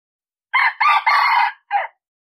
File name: Tieng Ga Trong Rung gay